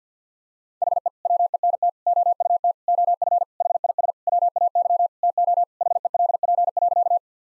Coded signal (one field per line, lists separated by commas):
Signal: Morse code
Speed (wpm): 50 wpm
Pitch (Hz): 700 Hz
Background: none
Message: HE WENT OUT OF HIS WAY TO HELP.